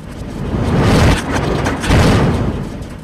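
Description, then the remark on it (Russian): Heavy double door leaves swing shut with two dull, low booming thuds about a second apart, each with a rumbling, rushing swell around it and no voices. “Затем тяжелые створки с глухим ударом сомкнулись.”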